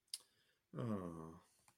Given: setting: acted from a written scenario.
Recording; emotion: vocal sound without words; shame